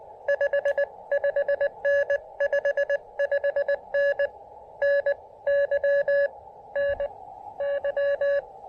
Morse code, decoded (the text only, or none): 55N55N N Y N Y